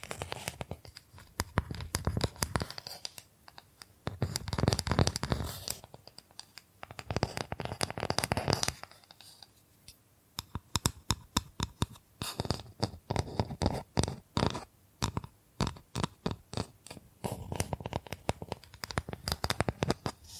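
Bamboo is scratched and brushed in dense, rough bursts of a second or two through the first half, with short pauses between them. After about ten seconds, quick separate taps and clicks take over, coming in fairly regular clusters until the end.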